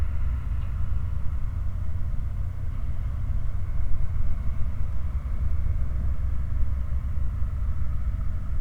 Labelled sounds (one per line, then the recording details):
machinery
flare stack
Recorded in the Prudhoe Bay oil fields, Alaska, on 16 August 2019 at 00:30
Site 29